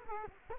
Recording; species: mosquito wingbeat signal from an infrared sensor; Culex quinquefasciatus